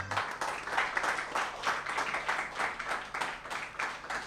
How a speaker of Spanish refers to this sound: Un aplauso